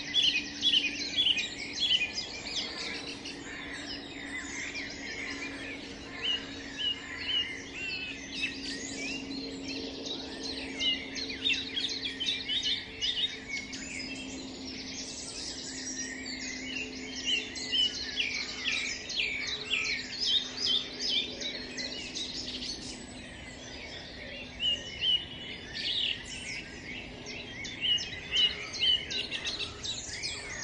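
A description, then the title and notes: A dawn chorus in Highfield Park, Manchester: many birds sing and chirp at once, a dense, busy tangle of bright calls that runs unbroken for the whole half minute. Beneath the birdsong sits a steady low hum that holds throughout. Dawn Chorus in Highfield Park, Manchester.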